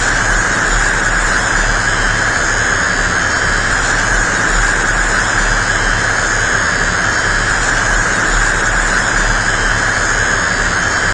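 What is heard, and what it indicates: A steady, unbroken electrical buzz with a hissing, high-pitched whine holds at the same loudness for about eleven seconds. This is a simulation of tinnitus heard as an electric tone: a phantom sound perceived in the ears without any outside source.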